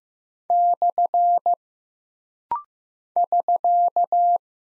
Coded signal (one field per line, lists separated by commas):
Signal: Morse code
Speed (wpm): 15 wpm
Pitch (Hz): 700 Hz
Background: none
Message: / <SK>